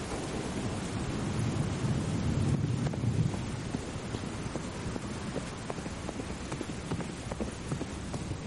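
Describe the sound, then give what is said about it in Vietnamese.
Strong wind and heavy rain roar steadily at night, a dense hiss broken by sharp, scattered taps, with a deeper rumbling swell for a couple of seconds early on. No one speaks. “Nghĩ đến đây hắn không dám chần chừ thêm nữa, mà kệ mưa to gió lớn, khoác áo ngoài lên, dắt Hắc công tử ra khỏi nhà đá, lên ngựa giật cương phi như bay trong đêm mưa.”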